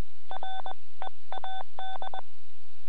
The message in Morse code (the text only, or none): READ